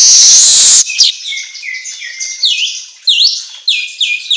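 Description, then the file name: Asian golden weaver song: a loud sizzling hiss, then a run of squeaky chattering notes, some swooping down and back up. Song made for training songbirds, labelled 'auto gacor'. "Suara Kicau Manyar Kepala Emas Auto Gacor"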